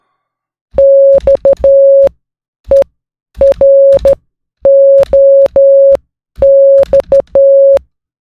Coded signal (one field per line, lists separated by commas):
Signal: Morse code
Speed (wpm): 12 wpm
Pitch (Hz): 550 Hz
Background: none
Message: XEROX